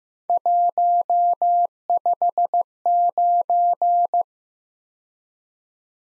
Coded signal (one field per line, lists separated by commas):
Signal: Morse code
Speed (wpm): 18 wpm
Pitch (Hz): 700 Hz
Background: none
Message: 159